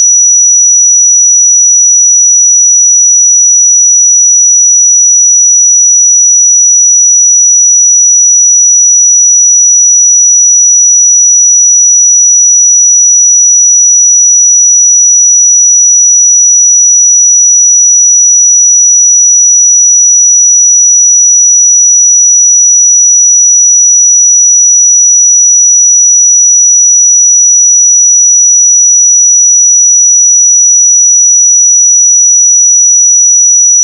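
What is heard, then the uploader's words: A pure sine tone at 5870 Hz sounds for the full half-minute, a single thin, high, piercing whistle. Its pitch and loudness never waver, and there is nothing else in the background, just the unchanging tone against silence. 5870 Hz 1 Hz Interval Sine Pure Tone Frequency 441000 Sample Mono.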